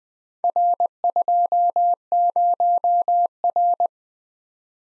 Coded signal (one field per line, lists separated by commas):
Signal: Morse code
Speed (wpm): 20 wpm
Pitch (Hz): 700 Hz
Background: none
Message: R20R